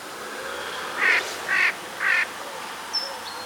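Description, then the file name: Eurasian jay giving three harsh, rasping screeches about half a second apart. "Garrulus glandarius"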